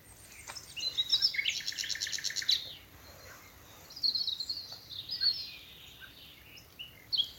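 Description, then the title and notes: Common nightingale song: a loud rapid buzzy trill of repeated notes, then a pause and sharp high whistled phrases, with faint background noise. Nightingales singing from thickets in the evening as dew falls, at a nature reserve in Dorset, England. "Sound Escape 11: the glorious song of nightingales from a Dorset wood. it's evening at Alners Gorse, a nature reserve in Dorset run by Butterfly Conservation . As the dew falls, the extraordinary song of nightingales rises from the thickets"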